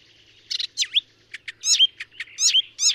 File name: Hypolais icterine